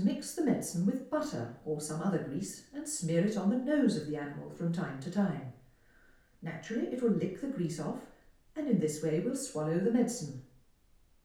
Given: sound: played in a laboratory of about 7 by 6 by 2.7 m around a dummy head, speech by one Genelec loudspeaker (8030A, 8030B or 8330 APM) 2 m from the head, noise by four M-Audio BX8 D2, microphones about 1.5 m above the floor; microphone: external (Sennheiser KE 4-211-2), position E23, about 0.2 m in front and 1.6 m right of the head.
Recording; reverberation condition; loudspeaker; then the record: female speech in English; medium; behind (180 degrees)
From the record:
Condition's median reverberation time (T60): about 510 ms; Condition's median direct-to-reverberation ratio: about -0.5 dB